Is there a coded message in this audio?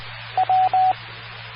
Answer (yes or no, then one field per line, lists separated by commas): no